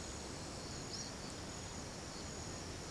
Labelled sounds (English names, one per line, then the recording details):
none
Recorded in pastures near Puerto Asís, Putumayo, Colombia, on 21 March 2025 at 17:30
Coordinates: 0.486, -76.323
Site G075